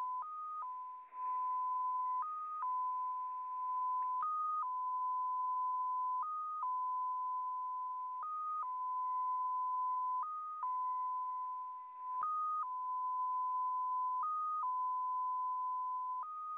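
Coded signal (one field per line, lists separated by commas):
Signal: numbers station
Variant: XPA2 MFSK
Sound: steady mid-pitch tone that jumps slightly higher for half a second every two seconds, eight times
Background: radio static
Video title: XPA2, 14:40 14828 kHz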